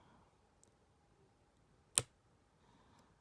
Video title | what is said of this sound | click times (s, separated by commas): How To Replace Keycaps Macbook Pro/Air 2020, 2021 | right so that was a double snap there as you can see the | 0.6 s, 2.0 s